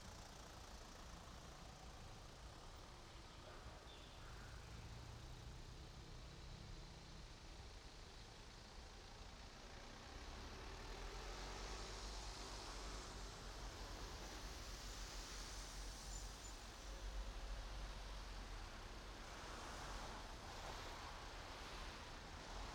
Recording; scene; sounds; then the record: everyday scene through a hearing-aid microphone; in traffic; traffic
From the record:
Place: main road on the outskirts, rush hour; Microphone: in the ear canal, right